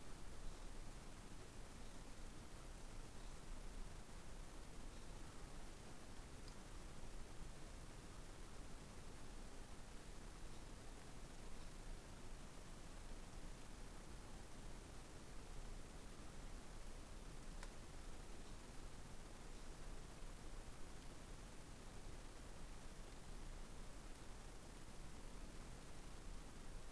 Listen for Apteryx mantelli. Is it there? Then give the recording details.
no. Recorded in New Zealand on 13 December 2015. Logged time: 21:44. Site CL72